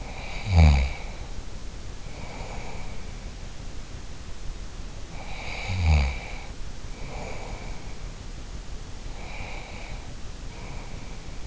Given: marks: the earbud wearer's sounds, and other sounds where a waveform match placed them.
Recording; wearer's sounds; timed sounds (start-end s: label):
sounds in sleep by an in-ear microphone; snoring breath, breath
0.00-3.32 s: snoring breath
5.07-8.04 s: snoring breath
8.82-11.47 s: breath